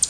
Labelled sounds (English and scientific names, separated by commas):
Canada Warbler (Cardellina canadensis) flight call